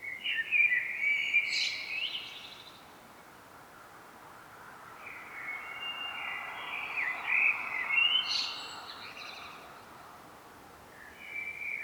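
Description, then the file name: Common blackbird song: two separated phrases, each a mellow warble ending in a squeaky high twitter, with a quiet gap between, then the start of a third. "Turdus merula"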